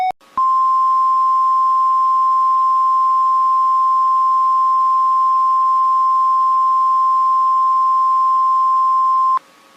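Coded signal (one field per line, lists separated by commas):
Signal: Emergency Alert System (SAME) tones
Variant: 1050 Hz attention tone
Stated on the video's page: Collection of European alarm tones with visualization.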